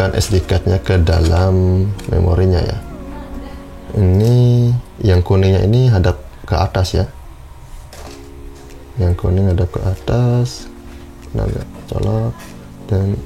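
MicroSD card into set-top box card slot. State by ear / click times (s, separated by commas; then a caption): not seated / none. A microSD card is turned yellow side up and lined up with the card slot of a set-top box before being pushed in, while someone talks throughout. The card has not seated or clicked into the slot yet.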